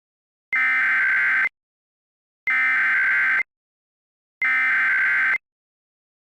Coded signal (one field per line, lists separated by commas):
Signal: Emergency Alert System (SAME) tones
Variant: header bursts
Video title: The Ohio Outbreak: An EAS Scenario (my submission for @EAceS spring fling 2023)